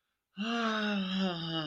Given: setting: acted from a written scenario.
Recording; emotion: vocal sound without words; disappointment